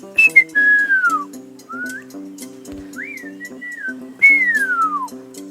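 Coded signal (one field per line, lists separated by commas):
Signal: whistled language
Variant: Khasi jingrwai iawbei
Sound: a melodic whistled tune of gliding notes in about five phrases, over a low drone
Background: low steady hum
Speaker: your friend is standing there will you call him through whistling i'll just show the example by calling him up [Music] so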